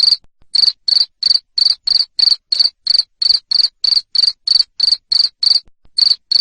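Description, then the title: Cricket chirps, piercing and high, each a brief buzzy burst arriving roughly three per second, with a short break near the start and another near the end. Loud cricket chirping played to stimulate lovebirds into singing continuously. "Suara JANGKRIK NGERIK Keras Bikin LOVEBIRD Jadi NGEKEK Terus Vubey"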